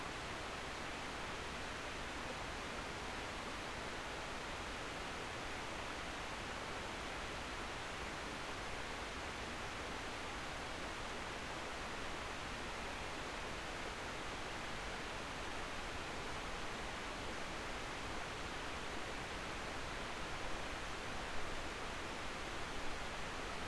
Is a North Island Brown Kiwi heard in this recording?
no